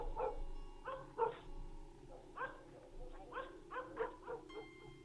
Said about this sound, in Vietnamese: Bất giác có tiếng chó sủa inh ỏi, vang lên.